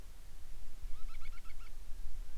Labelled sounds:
bird, wind

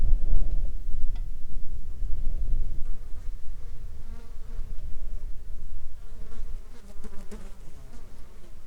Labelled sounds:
wind, insects

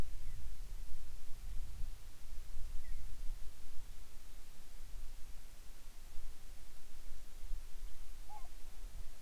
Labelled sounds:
bird

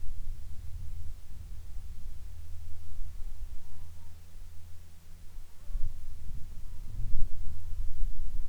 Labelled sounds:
wind, insects

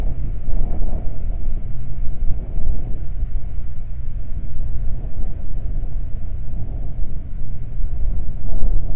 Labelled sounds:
wind, man-made sound

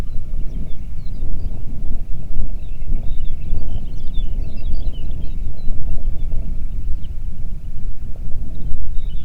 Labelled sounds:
songbird, wind

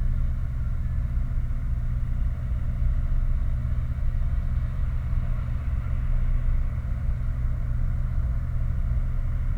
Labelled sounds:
truck, machinery, flare stack

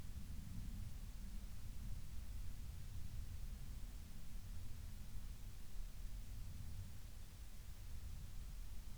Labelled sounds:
near silence

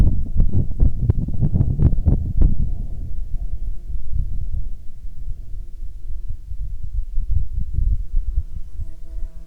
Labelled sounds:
wind, insects

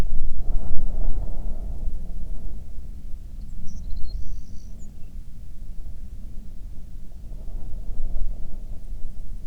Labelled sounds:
songbird, wind

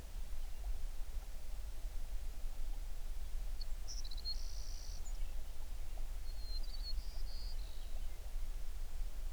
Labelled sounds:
songbird

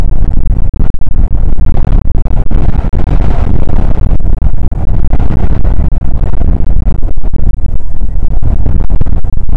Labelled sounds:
wind

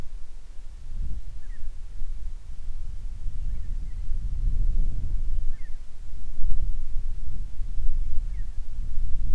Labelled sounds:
grouse or ptarmigan, wind

